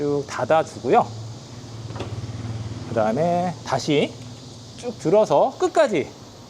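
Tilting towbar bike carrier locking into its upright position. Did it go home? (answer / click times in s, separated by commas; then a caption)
no / none. Someone talks while lifting a tilted-down Thule Epos 3 towbar bike carrier, mounted on a Brink BMU European-style towbar on an Audi A6 sedan, all the way back up toward its upright locked position after it was tilted down to open the trunk. A steady low hum runs underneath the speech. The carrier has not yet latched or clicked into place by the end of the clip.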